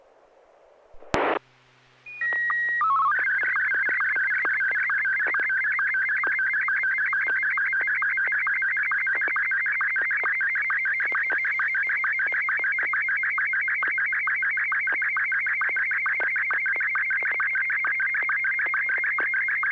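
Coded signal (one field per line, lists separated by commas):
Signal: SSTV (slow-scan television)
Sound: noise burst, steady leader whistles, brief chirpy code, then warbling tone with rhythmic ticks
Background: radio squelch burst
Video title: N6NA SSTV Net - 01/13/2021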